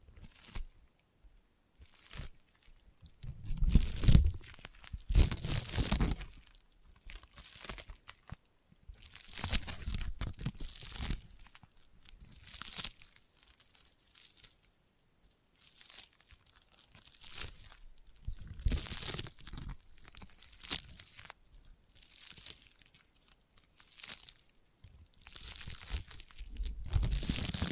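Sticky tapping and sticky triggers make irregular bursts of crackling, peeling sound, bunched into clusters every few seconds with brief quiet gaps between. The bursts are bright and crinkly, with some louder, fuller peaks around four, six and nineteen seconds.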